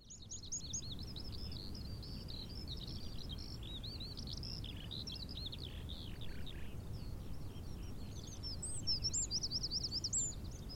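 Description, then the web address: Eurasian skylark singing a long high warbling stream, fairly faint over a steady low rumbling background noise. Recorded at Silver Strand. "Silver Strand videos skylark"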